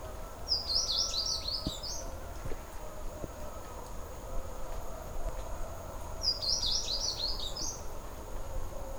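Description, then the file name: Blue seedeater producing two high, fast chittering phrases about five seconds apart, each roughly a second long, with persistent low background rumble and a thin high tone. Panama, 13 July 2010. "Blue Seedeater Panama 20100713"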